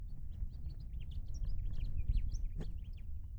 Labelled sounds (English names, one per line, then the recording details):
House Finch song
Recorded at Hewlett Harbor on Long Island, New York, on 10 June 1975
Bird M